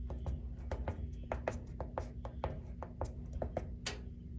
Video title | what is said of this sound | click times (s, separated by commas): SECUREIT AGILE ULTRALIGHT GUN SAFE - A Better Way to Store Your Guns | Boom, you hear that little click? | 3.9 s